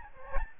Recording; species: mosquito wingbeat signal from an infrared sensor; Aedes albopictus